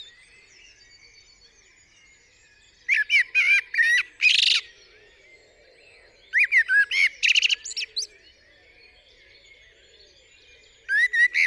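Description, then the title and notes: Common blackbird singing three separate phrases a few seconds apart, mellow whistles mixed with scratchy high squeaks, with quiet pauses between; the last is cut short. Singing on the roof of the recordist's studio, UK, 8 April 2020 around 7am, during Covid-19 lockdown; recorded with parabolic dish, MKH50 and MKH30 microphones in M/S, Sonosax R4+ recorder. "Blackbird On A Still Morning. I would like to share this recording I made this morning on the 8th April 2020 around 7am. A Blackbird singing on the roof of my studio"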